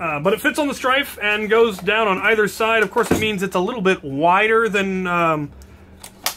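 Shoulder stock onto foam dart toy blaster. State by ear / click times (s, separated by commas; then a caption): seated / 6.3 s. A plastic add-on shoulder stretchable stock is slid onto the rear of a foam-dart toy blaster while someone talks. After a soft tick at 6.0 s, a loud sharp click at 6.3 s marks the stock locking into place, seated solidly.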